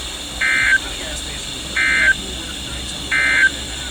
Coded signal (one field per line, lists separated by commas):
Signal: Emergency Alert System (SAME) tones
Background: speech